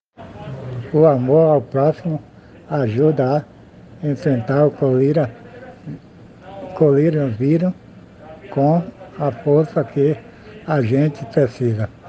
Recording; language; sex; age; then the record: spoken sentence; Brazilian Portuguese; male; 60 to 69 years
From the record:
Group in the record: respiratory insufficiency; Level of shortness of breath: 5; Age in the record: 61 years